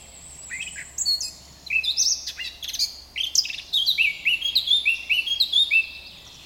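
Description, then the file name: Eurasian blackcap singing a varied warble of clear, high whistled and chattering notes, with a faint low hum beneath. "Sylvia atricapilla"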